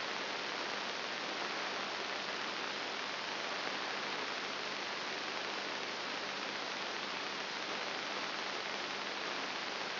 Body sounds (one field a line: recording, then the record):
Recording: brain microelectrode recording played as sound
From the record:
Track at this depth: inside the subthalamic nucleus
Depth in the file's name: 4.7 mm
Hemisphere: right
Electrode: 3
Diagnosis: Parkinson's disease